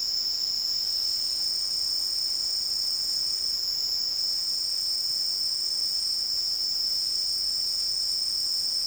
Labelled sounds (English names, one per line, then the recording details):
none
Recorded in dense forest near Puerto Asís, Putumayo, Colombia, on 24 March 2025 at 14:30
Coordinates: 0.499, -76.324
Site GP03